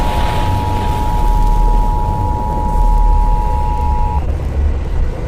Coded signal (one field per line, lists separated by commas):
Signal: Emergency Alert System (SAME) tones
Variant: 853 and 960 Hz attention tone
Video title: s h r i n k i n g s u n - EAS Scenario